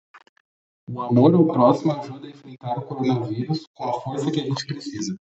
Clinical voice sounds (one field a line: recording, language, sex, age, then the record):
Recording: spoken sentence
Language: Brazilian Portuguese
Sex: male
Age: 20 to 29 years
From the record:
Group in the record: control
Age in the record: 21 years